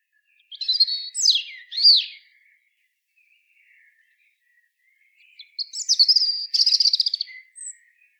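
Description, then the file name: European robin song: two short bursts of thin, high, sweet warbled phrases, each with quick rising and falling notes, separated by a few seconds of quiet. "Erithacus rubecula"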